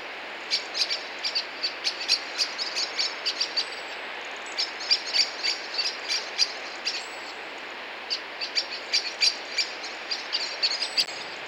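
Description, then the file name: Common blackbird chinking call notes repeated rapidly in runs separated by brief pauses, dry and sharp, with faint steady background hiss. "Turdus merula"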